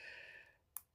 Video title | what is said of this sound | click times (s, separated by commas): How to Instal a Zipper Pull Onto Zipper Tape by the Yard | Just pop pull that. You kind of heard it click. | 0.8 s